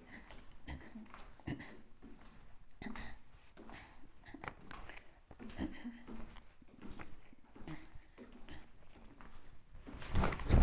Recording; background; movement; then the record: throat clearing; quiet; walking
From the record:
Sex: female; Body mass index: 25.5 kg/m2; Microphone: on the chest, facing outward